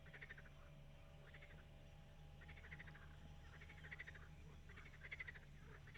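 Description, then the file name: Frogs croaking in short pulsed bursts roughly once a second, fainter than the steady low hum running underneath. "Froesche"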